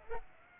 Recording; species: mosquito wingbeat signal from an infrared sensor; Aedes aegypti